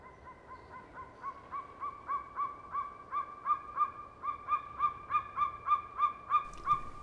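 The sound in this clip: Golden Eagle giving a long series of short yelping notes, about three per second, growing louder.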